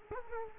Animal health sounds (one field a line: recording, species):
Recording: mosquito wingbeat signal from an infrared sensor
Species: Culex quinquefasciatus